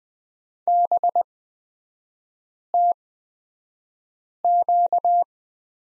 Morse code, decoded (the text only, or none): BTQ